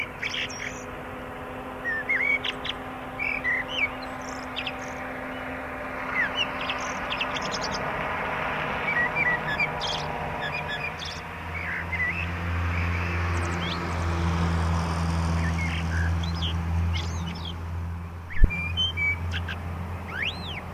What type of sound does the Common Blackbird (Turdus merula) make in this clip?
song